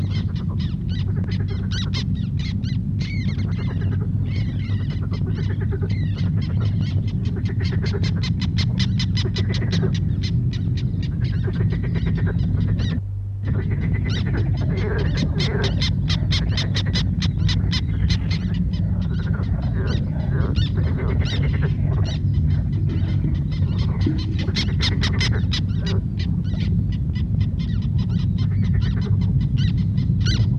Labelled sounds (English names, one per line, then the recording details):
Black Tern call
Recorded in the wild
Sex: group
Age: diverse
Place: Elblag, Warminsko-Mazurskie, PL
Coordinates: 54.1, 19.4667
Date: 1965-07-08 10:30
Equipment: Grundig TK 4, BG 20/6 - 19 cm/s
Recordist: Schubert, Michael